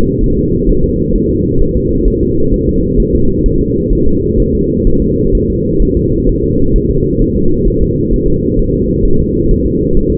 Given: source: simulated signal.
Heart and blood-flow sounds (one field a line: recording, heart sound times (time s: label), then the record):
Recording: fetal heart sounds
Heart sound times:
0.24 s: S1
0.39 s: S2
0.70 s: S1
0.84 s: S2
1.15 s: S1
1.30 s: S2
1.62 s: S1
1.77 s: S2
2.08 s: S1
2.23 s: S2
2.54 s: S1
2.69 s: S2
3.00 s: S1
3.15 s: S2
3.46 s: S1
3.61 s: S2
3.93 s: S1
4.07 s: S2
4.40 s: S1
4.54 s: S2
4.87 s: S1
5.02 s: S2
5.35 s: S1
5.50 s: S2
5.82 s: S1
5.97 s: S2
6.29 s: S1
6.44 s: S2
6.76 s: S1
6.90 s: S2
7.22 s: S1
7.36 s: S2
7.68 s: S1
7.82 s: S2
8.13 s: S1
8.28 s: S2
8.59 s: S1
8.74 s: S2
9.05 s: S1
9.20 s: S2
9.51 s: S1
9.66 s: S2
9.97 s: S1
10.12 s: S2
From the record:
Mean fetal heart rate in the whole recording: 130 bpm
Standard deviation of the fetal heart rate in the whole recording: 4 bpm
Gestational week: 38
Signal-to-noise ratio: -16.4 dB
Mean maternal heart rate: 72 bpm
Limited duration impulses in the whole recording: present